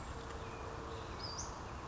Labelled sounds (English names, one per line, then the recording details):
Western Flycatcher
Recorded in Sonoma County, California